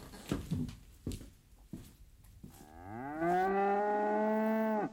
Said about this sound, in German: Ich wachte auf vom Muhen der Kühe.